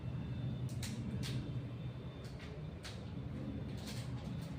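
A cable connector is lined up and pushed into a microcontroller board socket, and it seats with one sharp click at 0.8 s. A steady low hum runs underneath, with a few fainter taps later in the clip.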